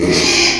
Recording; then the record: squeal of a Yucatan mini pig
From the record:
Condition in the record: after surgery on the right vocal fold (resection and tissue-engineered implant); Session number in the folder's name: 2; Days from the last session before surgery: 13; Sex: male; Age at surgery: 12 weeks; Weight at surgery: 13 kg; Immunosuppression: cyclosporine, prednisolone